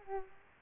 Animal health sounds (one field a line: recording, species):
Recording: mosquito wingbeat signal from an infrared sensor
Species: Aedes aegypti